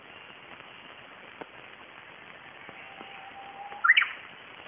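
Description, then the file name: Japanese bush warbler song: a faint, long, steady whistle, then a short, quick, rising-and-falling phrase near the end, over a constant low hiss. "uguisu"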